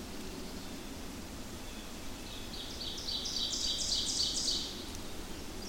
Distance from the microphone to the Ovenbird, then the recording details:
about 35 m. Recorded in boreal forest in Alberta, Canada, on 8 June 2016 at 06:09. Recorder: SongMeter 3, array SBT-3-9. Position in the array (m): 50 m, 107 m. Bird 33